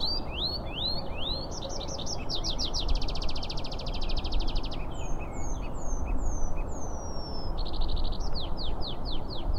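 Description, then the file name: Pipit song, a lively series of high chirps, slurred whistles and fast buzzy trills in varied phrases, over a steady low rumble of background noise. Recorded on 3 April 2010. "2010-04-03 Pipit"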